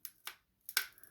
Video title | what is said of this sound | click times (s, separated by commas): Rock Island Arms VRF14 Disassembly and maintenance | A little gritty, okay? 2 or 3 clicks is fine. | 0.1 s, 0.7 s, 0.8 s